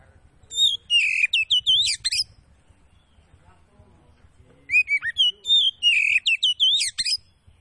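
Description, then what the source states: Magpie-robin singing two fast, loud phrases of sweet whistles and sharp chirps, with a quiet gap between them. Kacer Poci variety; singing gacor, meaning vigorously.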